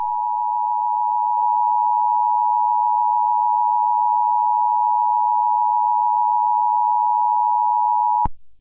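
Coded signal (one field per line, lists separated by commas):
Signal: Emergency Alert System (SAME) tones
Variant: 853 and 960 Hz attention tone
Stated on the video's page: Fictional EAS scenario.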